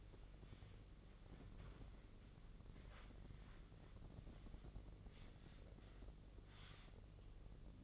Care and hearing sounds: daily activity, microphone in the room; wipe stove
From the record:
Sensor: 4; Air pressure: 1013.2 hPa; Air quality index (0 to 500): 177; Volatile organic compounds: 2 ppm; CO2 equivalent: 1117 ppm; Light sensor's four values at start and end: 96/241/99/105 and 96/241/100/106

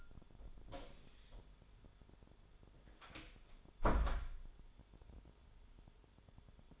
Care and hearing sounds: daily activity, microphone in the room; close door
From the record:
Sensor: 5

